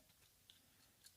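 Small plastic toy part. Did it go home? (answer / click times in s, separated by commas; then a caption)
yes / 0.5 s. During transformation of a plastic Transformers War for Cybertron Leader-class Kingdom Galvatron robot action figure, a part is moved down until it snaps into its locked position. A sharp, bright plastic click sounds at 0.5 s over quiet background, followed by a fainter tick near 1.1 s. The part is seated and locked.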